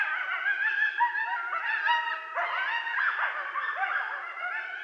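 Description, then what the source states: Coyote group chorus, a dense, excited tangle of overlapping yips, wavering howls and squeals. Coyotes calling at night, 12 November 2012.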